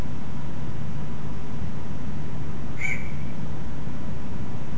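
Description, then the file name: Yellow bittern flight call: one short, harsh squawk past the middle, over loud continuous low rumbling noise. Nocturnal flight call recorded in Beijing, China, on 10 August 2022, just after midnight. "Yellow Bittern identified by Joost"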